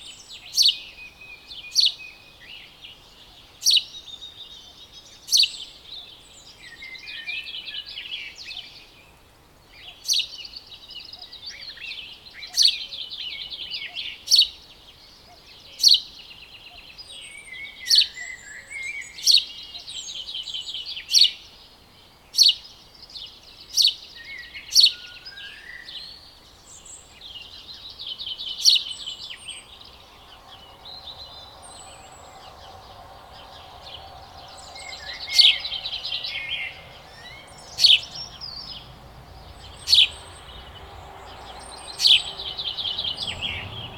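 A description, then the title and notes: A dawn chorus of birds fills a quiet valley, with sharp, bright chirps repeating every second or two over a bed of softer twittering and warbling song. The calls sound high-pitched, and a faint low hum rises in the background during the second half. A dreamy dawn chorus in a remote Scottish valley. We’re near Loch Maree in western Scotland. The lilts of Scotland’s avian world pour in through the open windows. Recorded by Daniel Graham.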